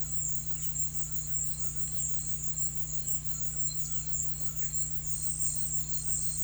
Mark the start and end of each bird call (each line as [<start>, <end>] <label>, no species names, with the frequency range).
[0.43, 1.85] bird call (1.0-3.8 kHz)
[3.34, 4.81] bird call (1.1-3.6 kHz)